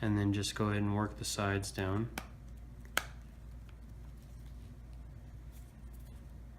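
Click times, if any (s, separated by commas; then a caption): 3.0 s. An iPhone 6 screen assembly, refitted during a battery replacement, is pushed toward the top and its sides are pressed down into the metal frame until the clips snap in. Someone talks for the first two seconds, then one sharp snap at 3.0 s marks the display seated in place, followed by quiet handling noise.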